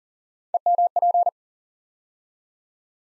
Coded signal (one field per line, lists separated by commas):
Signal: Morse code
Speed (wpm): 40 wpm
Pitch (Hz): 700 Hz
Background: none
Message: EMP